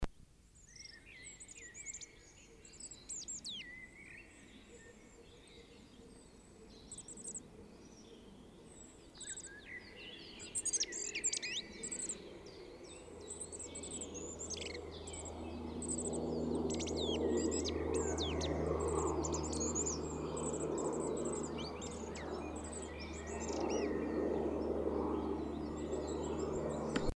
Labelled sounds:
Common Firecrest
Common Blackbird
Common Chiffchaff

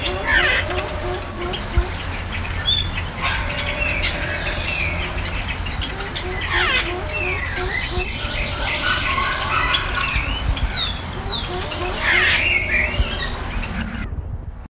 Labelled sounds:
Cabot's Tragopan call

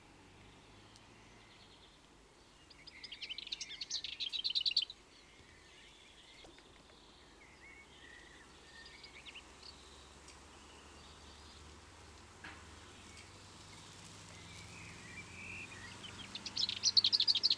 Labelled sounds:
Lesser Whitethroat song

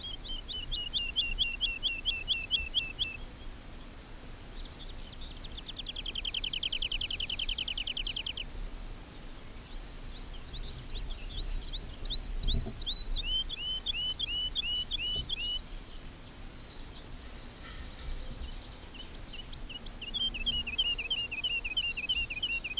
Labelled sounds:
Wood Lark song

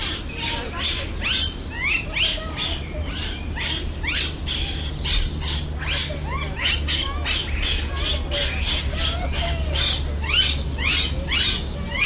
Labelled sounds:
Japanese Macaque

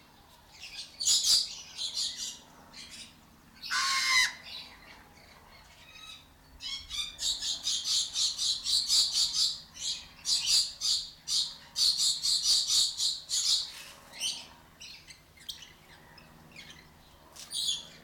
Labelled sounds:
Pied Crow call

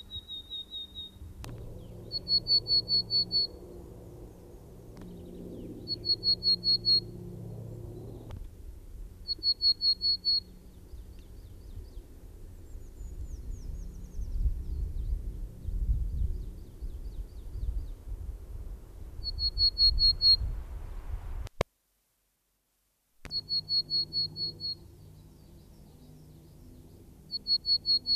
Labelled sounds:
Willow Tit song

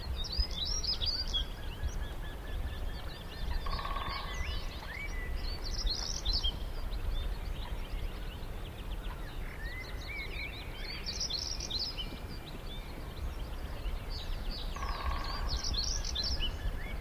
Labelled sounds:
European Stonechat

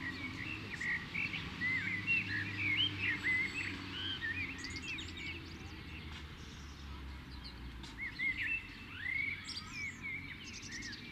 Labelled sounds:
Common Blackbird song

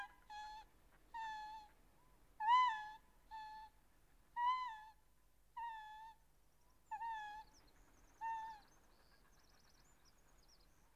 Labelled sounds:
Arctic Fox call

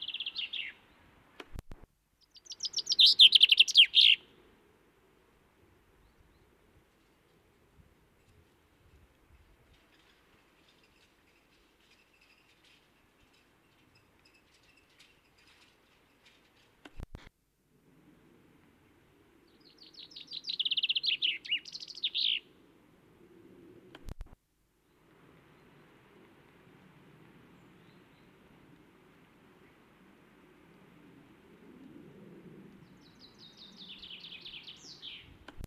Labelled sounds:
Common Chaffinch song

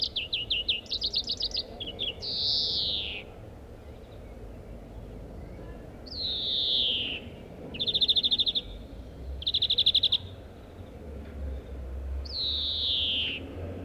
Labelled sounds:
European Greenfinch

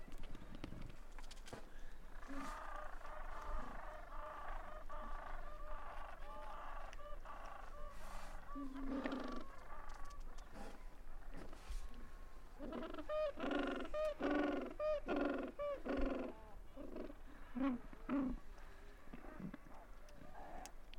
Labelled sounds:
Gentoo Penguin call

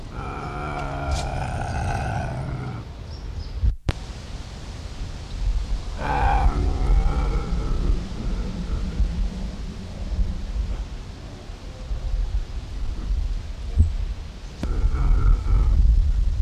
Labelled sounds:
Eurasian Lynx growling

